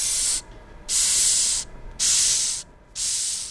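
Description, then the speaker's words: Madagascar hissing cockroach hissing, four harsh airy bursts of high-pitched noise separated by short quiet gaps. One of many cockroaches to be raced at the 13th Arkansas Insect Festival, Pauline Whitaker Animal Science Center, University of Arkansas, Fayetteville, on a Thursday. "That's the sound of a Madagascar hissing cockroach, just one of many who will be racing during the 13th Arkansas Insect Festival"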